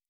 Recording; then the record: hydrophone in a shrimp aquaculture tank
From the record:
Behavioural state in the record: normal